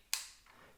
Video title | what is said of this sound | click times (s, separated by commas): My Nikon Z9 & Z7II now shoot Sony Pro Lenses with HIGH-SPEED Autofocus | markings and then we just rotate it on until it clicks again let's see | 0.1 s